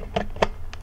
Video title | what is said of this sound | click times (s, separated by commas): Minolta Maxxum (Alpha, Dynax) 7000 Video Manual 2 of 2 | we turn it clockwise until it clicks into place and now we have changed | 0.4 s